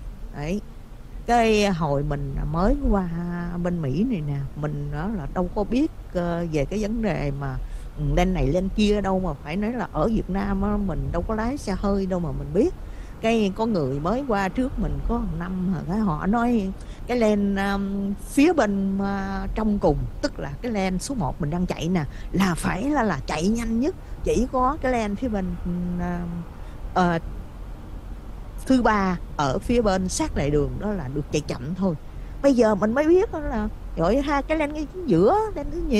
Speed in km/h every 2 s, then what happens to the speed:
47, 48, 52, 56, 61, 61, 61, 63, 61, 63, 64, 66, 68, 68, 68, 69, 68, 69.
0-8 speeds up to 61. 8-36 steady at about 64.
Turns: none.